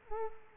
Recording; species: mosquito wingbeat signal from an infrared sensor; Culex quinquefasciatus